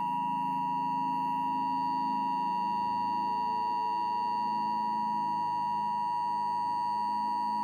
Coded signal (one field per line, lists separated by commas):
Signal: Emergency Alert System (SAME) tones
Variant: 853 and 960 Hz attention tone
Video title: EAS SCENARIO: KADEDE AKAMATSU'S EXECUTION GONE BURTAL (13+) (MUSIC AND VID GOES TO THE OWNER)